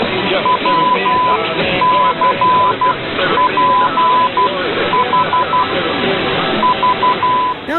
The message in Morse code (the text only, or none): WCPH V